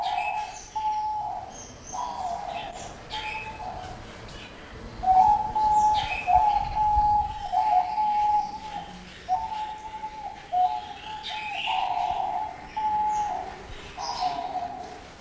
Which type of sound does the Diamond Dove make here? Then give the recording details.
song. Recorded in captivity. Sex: male. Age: adult. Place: Zoo Berlin, Berlin, DE. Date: 2001-01-05 13:06. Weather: overcast, 5°C. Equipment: Nagra SN, Kopie Uher 4000 Report Monitor. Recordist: Tembrock, Günter